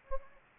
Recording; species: mosquito wingbeat signal from an infrared sensor; Anopheles gambiae